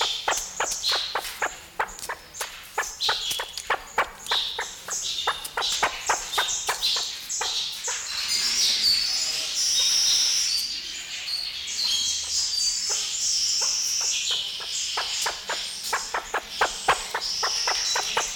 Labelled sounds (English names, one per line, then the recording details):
Great Argus call
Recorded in captivity
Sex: male
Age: adult
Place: Zoo Berlin, Berlin, DE
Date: 1994-01-08 11:25
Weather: wolkig bis sonnig, 6°C
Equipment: Marantz CP 430, Sennheiser MKH 416 T, Kopie Uher Variocord 263
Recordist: Tembrock, Günter